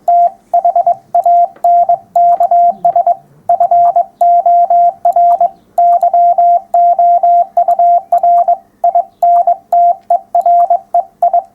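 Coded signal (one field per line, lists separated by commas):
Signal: Morse code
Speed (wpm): 22 wpm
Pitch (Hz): 700 Hz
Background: radio noise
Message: THANKS FOR YOUR INTEREI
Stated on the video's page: Morse code talk and demonstration at a public event.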